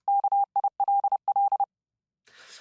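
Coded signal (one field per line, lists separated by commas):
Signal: Morse code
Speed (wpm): 30 wpm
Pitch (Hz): 800 Hz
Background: none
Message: KILL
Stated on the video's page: Morse code hidden as a secret message within a music track during production.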